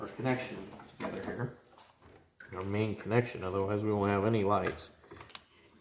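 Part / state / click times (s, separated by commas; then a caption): plastic wiring harness plug into the mating rear bumper connector / seated / 5.3 s. The main plastic wiring harness plug for the lighting on the rear bumper of a C7 Corvette is pushed together by hand into its mating bumper connector while someone talks. It snaps into place with a sharp click at 5.4 seconds, and the connector is seated.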